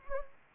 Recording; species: mosquito wingbeat signal from an infrared sensor; Anopheles gambiae